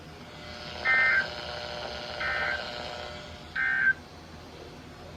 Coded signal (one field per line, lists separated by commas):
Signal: Emergency Alert System (SAME) tones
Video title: ILN Had An Outburst… (EAS 203-252)